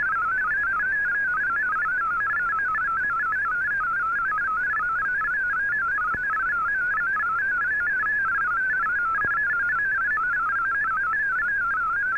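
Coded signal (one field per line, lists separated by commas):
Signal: multi-tone FSK (Olivia or MFSK type)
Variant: MFSK32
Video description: here is my decode of the Shortwave Radiogram broadcast today on 15770Khz shortwave radio at 1300UTC in MFSK32 and 64 and with 9 SSTV images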